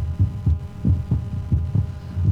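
Steady, regular paired low thumps at about 90 a minute: ordinary lub-dub heart sounds of the heart contracting and relaxing.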